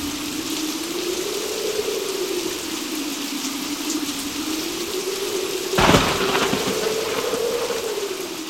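Heavy rain pours in a dense, steady hiss in front of a doorstep, with a low wavering hum running underneath and a sudden sharp crackling burst about two-thirds of the way through.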